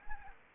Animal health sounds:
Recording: mosquito wingbeat signal from an infrared sensor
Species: Anopheles arabiensis

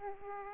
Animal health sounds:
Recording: mosquito wingbeat signal from an infrared sensor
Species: Aedes aegypti

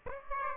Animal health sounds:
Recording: mosquito wingbeat signal from an infrared sensor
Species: Aedes aegypti

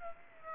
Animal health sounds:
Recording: mosquito wingbeat signal from an infrared sensor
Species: Aedes aegypti

